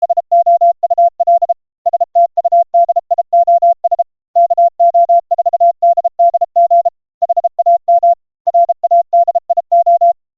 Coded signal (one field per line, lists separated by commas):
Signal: Morse code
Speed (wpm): 33 wpm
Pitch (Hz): 690 Hz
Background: none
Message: SOUL STUDIOS KO4DDG HAM RADIO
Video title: Vibroplex Code Warrior Junior Cord replacement for iambic paddles #morsecode